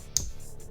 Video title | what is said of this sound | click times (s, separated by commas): How to De-Pin a 2-Pin Auto Connector | and you get that click once your wires are in | 0.2 s